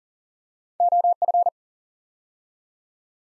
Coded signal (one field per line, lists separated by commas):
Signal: Morse code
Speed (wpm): 42 wpm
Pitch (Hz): 700 Hz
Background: none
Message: OF